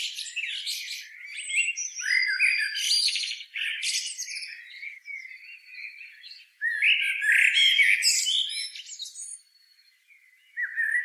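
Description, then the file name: Eurasian blackbird singing long, busy phrases of warbles and high squeaks, a strong burst in the middle, then a pause and a new phrase starting. "Turdus merula"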